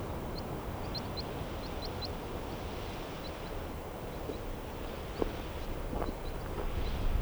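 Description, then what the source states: Crossbill calls, short sharp high notes given in quick bursts early on, then a few scattered notes, over steady low wind-like rumble and a few knocks. Recorded on a tape recorder with new batteries and a windscreen on the microphone.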